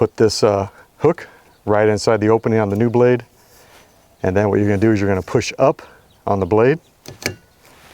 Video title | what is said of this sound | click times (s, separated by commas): GM/Chevy factory wiper blade install 4K 12-21-2021 | to hear it snap in place | 7.3 s